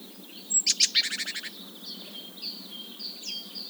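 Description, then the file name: Great tit quick churring rattle of rapid buzzy notes, followed by soft whistled notes. "Parus major"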